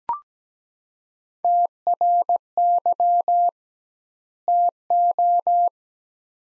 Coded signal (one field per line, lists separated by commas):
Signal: Morse code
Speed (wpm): 17 wpm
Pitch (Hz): 700 Hz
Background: none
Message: TRY TO